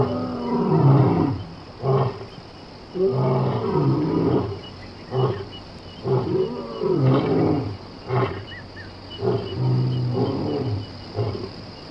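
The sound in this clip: Lion giving a series of low, rough roars and shorter grunts at irregular intervals.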